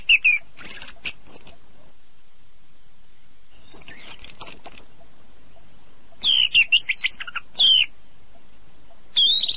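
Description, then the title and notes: Birds giving several bursts of high, sharp whistled and chirping notes, some sweeping up and down, separated by quiet gaps. "Burung Kompilasi Suara Murai Air Cililin Gereja Tarung Kenari. kumpulan suara burung"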